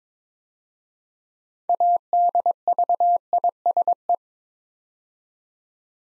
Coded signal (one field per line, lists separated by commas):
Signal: Morse code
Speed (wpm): 22 wpm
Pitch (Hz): 700 Hz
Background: none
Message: ADVISE